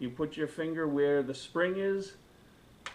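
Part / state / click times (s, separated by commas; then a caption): side folding stock adapter locking on a rifle receiver / seated / 2.9 s. Someone talks as the spring on a side-folding stock adapter for an AR-style adjustable stock is compressed and the stock is turned on a rifle receiver. A short, sharp click sounds at 2.9 s as the side folder locks in place.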